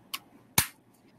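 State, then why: Seated. A universal plastic connector is pushed into the orange main block of a children's robotics kit. A light tick at 0.1 s is followed by a sharp, loud snap at 0.6 s as the connector seats firmly into the main block.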